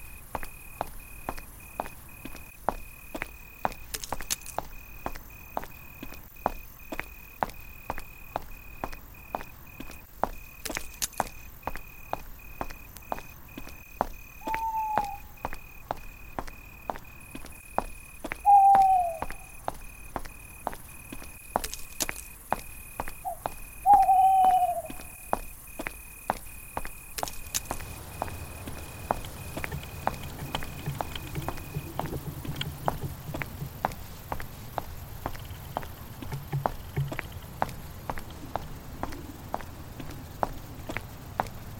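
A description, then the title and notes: A horror night ambience of regular ticking or tapping, with a faint steady high tone. Short descending cries or calls sound around 15, 19 and 24 seconds. After about 28 seconds a low rumbling hum swells in beneath the ticking. Horror night ambience.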